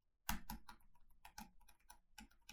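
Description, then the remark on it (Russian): A man types a message on a computer keyboard, a quick, irregular run of sharp plastic key clicks with short pauses between bursts and no voices. “Мужчина набирает сообщение на клавиатуре.”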